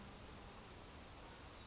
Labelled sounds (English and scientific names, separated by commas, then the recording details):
California Towhee (Melozone crissalis)
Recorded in Sonoma County, California